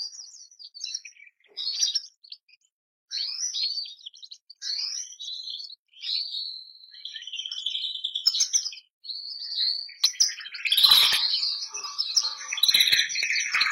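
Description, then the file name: Canary (Bernois): canary song: thin, varied whistled phrases and quick chirps separated by short pauses, building into a louder, denser warbling burst with rapid trills near the end. Bernois breed canary, song. "canto do canario bernois"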